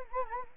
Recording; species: mosquito wingbeat signal from an infrared sensor; Anopheles arabiensis